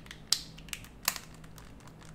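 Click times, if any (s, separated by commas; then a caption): 0.3 s. A loose center piece of a plastic 3x3x5 puzzle cube is pressed back onto its core and snaps on with a sharp click at 0.3 s. Softer clicks and taps follow, the loudest near 0.7 s and 1.1 s. The piece seems to fit cleanly, but something pushes it and it pops loose again, so it is not truly held.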